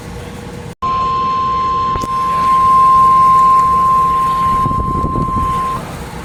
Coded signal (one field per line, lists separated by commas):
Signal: Emergency Alert System (SAME) tones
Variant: 1050 Hz attention tone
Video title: PURE MAYHEM 5... | EAS Alerts from 8/2-3/24 | EAS#1,060 - 1,132